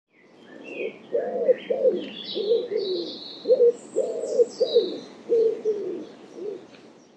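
Bird giving a steady run of soft, low cooing notes, some rising and falling, with faint higher chirps and twitters from other birds above.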